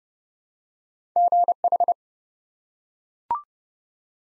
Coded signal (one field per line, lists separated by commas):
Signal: Morse code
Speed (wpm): 30 wpm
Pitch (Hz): 700 Hz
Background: none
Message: GH